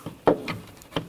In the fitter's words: Push it down so it locks in place. There we go. Heard a click.